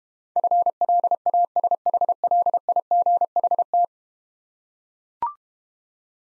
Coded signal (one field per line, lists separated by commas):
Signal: Morse code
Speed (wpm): 32 wpm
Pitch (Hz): 700 Hz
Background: none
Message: FLASHLIGHT